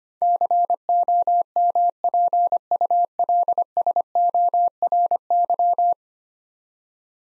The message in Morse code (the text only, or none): COMPULSORY